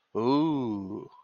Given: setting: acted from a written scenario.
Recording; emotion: vocal sound without words; interest